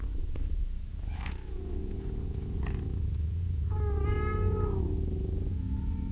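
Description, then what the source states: Cat purring with a low continuous rumble, then one long level meow about two-thirds of the way through. Cat meowing gently and purring, with long intervals between sounds.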